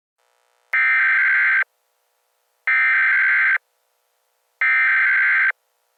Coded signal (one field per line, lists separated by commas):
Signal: Emergency Alert System (SAME) tones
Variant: header bursts